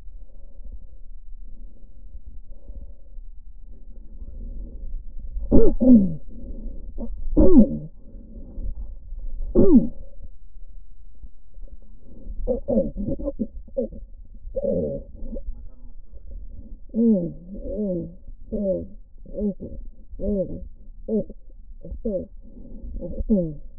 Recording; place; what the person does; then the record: lung sounds by stethoscope; left posterior apical chest; quiet breathing, then cough and speech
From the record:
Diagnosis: interstitial lung disease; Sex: female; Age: 72 years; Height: 153 cm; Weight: 71 kg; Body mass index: 30.3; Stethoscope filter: diaphragm mode